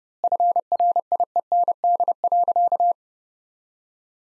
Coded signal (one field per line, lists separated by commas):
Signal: Morse code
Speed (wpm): 31 wpm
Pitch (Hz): 700 Hz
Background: none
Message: FRIEND.